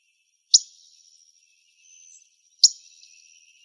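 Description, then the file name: Pyrrhuloxia call notes: two sharp, metallic chips about two seconds apart over a steady high insect hum. Calls recorded in Arizona. "PYRR CALLS deviche"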